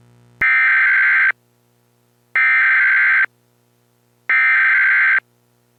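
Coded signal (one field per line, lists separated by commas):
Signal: Emergency Alert System (SAME) tones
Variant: header bursts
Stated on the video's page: Homemade tornado warning EAS mock made in Windows Movie Maker.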